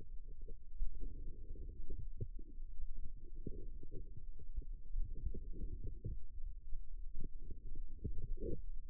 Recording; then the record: forearm muscle sounds (acoustic myography)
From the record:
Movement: outward rotation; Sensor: system 2, bracelet of six BSWA MPA416 microphones around the upper forearm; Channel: 6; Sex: female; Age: 22 years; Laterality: right